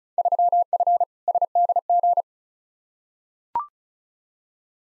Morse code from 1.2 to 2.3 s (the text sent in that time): SDG